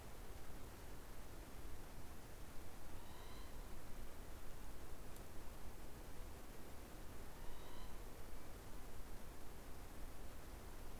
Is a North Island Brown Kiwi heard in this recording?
no